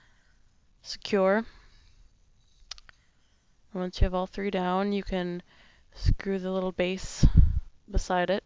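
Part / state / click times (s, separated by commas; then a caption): wooden locking pegs into upside-down-T slots of a wooden shrine frame / seated / 2.7 s, 2.8 s, 2.9 s. Small wooden locking pegs on a wooden model shrine frame are pulled out until they click into their upside-down-T slots, with quick clicks at 2.7, 2.8 and 2.9 seconds. Someone talks before and after the clicks. The pegs are seated and locked in place.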